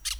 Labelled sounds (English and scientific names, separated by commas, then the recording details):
Brown-throated Parakeet (Eupsittula pertinax) contact call
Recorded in Venezuela
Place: Hato Matapalo, Bolívar
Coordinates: 7.356, -61.542